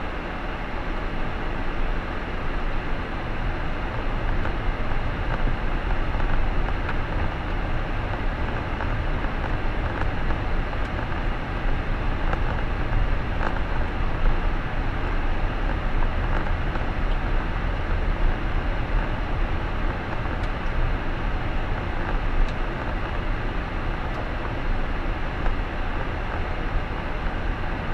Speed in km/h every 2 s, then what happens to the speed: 18, 23, 27, 29, 31, 31, 31, 31, 31, 31, 31, 30, 28, 25.
0-8 speeds up to 31. 8-21 steady at about 31. 21-28 slows to 25.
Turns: none.